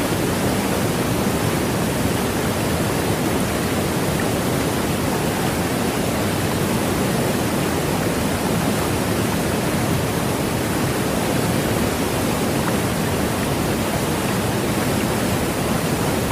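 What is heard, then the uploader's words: A waterfall roars steadily and without a break, a dense rushing wash that stays at the same loudness from start to finish. The sound is heavy in the low and middle range with a softer hiss above, full, with no other sounds standing out. Waterfall Sounds.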